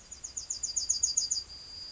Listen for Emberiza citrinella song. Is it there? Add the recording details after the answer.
yes. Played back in grassland. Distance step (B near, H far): D. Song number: 159